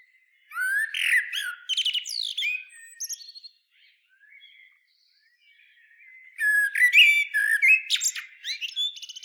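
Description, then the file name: Common blackbird singing two phrases that mix rich fluty notes with thin, scratchy high twitters, separated by a quieter stretch of faint soft notes. "Turdus merula"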